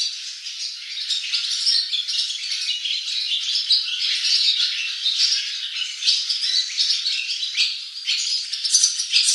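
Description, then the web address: Barn swallow twittering, a continuous busy chatter of high buzzy and chirping notes running without a break. "cianscape birddata Deverinetal 2025"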